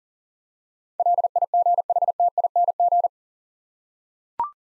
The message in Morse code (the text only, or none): LIGHTING